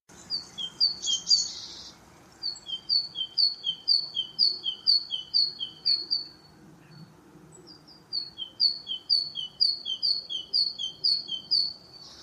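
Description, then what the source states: Great tit song: high, thin phrases repeated rhythmically in two bouts separated by a pause, over faint low background noise. Song; common motif; song extremely variable, each male has several strophe types.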